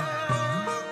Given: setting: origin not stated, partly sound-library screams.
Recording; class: one-second piece from a danger detection set; normal situation